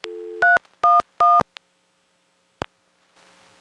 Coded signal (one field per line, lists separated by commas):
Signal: DTMF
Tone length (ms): 180 ms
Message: 311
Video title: Phone Trip to Palmerton Telephone Company - April 2026